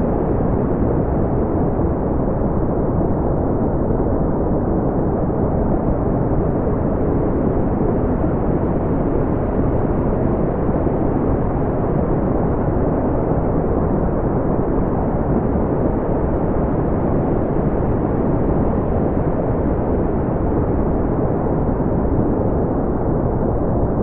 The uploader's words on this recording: 6 Minutes for Focus, with brown/white noise.